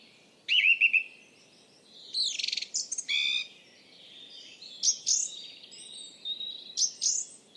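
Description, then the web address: Bird calls: a trilled note, then a buzzy harsh phrase, followed by a few sharp, high chirps separated by short pauses. "Bird Only"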